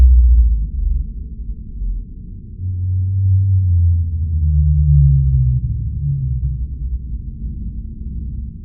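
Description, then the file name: Blue whale calls: low tonal moans with faint upper bands, a long sustained call swelling in the middle over a steady low rumble. Frequency-modulated (FM) calls of blue whales. "blue whale fm calls brian miller australian antarctic division"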